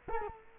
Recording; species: mosquito wingbeat signal from an infrared sensor; Culex quinquefasciatus